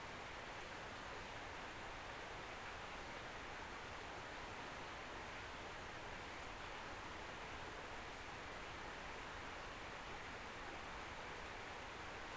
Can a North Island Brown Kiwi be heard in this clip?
no